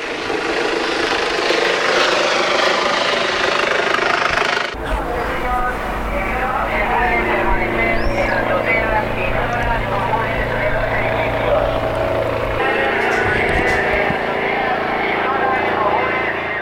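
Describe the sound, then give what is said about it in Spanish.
A police helicopter with a loudspeaker and powerful night spotlights drones steadily overhead while garbled loudspeaker announcements ring out above the engine roar; a deeper, throbbing low rumble sets in about a third of the way through and holds. “Y en el aire, a menudo el helicóptero de policía con megafonía, focos potentes nocturnos, para crear un ambiente de miedo y control que rompe la tranquilidad y la armonía.”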